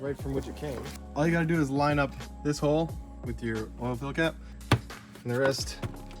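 A plastic engine cover is being lined up so its hole fits over the oil fill cap of a 2022 GR Supra's 3.0 engine after an oil change, ready to be pressed onto its mounting grommets on the engine studs. Someone talks throughout over a steady low hum and music, with a brief sharp knock near 4.7 s and another short burst at the very end. Nothing has seated or clicked yet.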